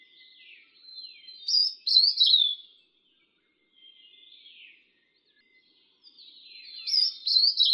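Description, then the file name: Steere's liocichla calling: sharp, slurred phrases, quiet at first, then loud bursts around two seconds and again near the end, with short silent gaps. "黃胸藪眉"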